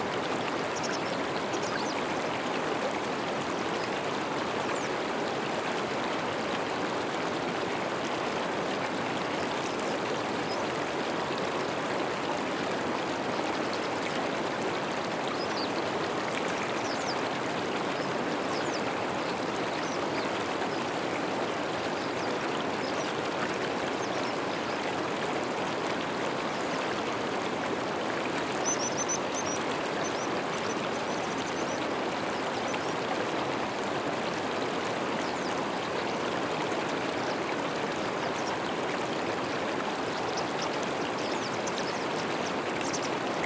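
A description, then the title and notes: A river flows steadily, its dense rushing hiss holding an even level for the whole stretch with no lulls or surges. Faint high chirps, likely birds, surface briefly around the half-minute mark. 流れる川の音に耳をすませて. The river flow.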